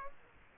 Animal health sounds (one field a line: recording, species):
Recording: mosquito wingbeat signal from an infrared sensor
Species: Aedes aegypti